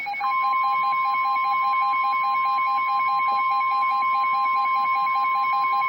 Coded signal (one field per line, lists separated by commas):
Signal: Emergency Alert System (SAME) tones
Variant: 1050 Hz attention tone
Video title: REAL EAS 645-Severe thunderstorm warning